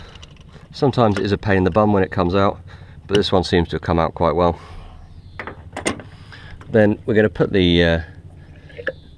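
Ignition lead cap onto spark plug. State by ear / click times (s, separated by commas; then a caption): seated / 8.9 s. An ignition lead cap is pushed back down onto a new spark plug while someone talks, with a few small knocks and rattles from handling the part. It seats with a sharp, audible click at 8.9 s.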